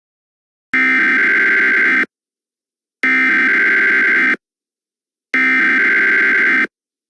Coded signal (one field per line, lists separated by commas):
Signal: Emergency Alert System (SAME) tones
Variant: header bursts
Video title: EAS Scenario: True Angel?